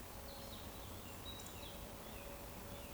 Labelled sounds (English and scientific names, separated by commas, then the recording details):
Eurasian Woodcock (Scolopax rusticola) whistle
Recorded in Baden-Württemberg, Germany, on 24 June 2020 at 19:57 UTC
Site 14569, 102 m above sea level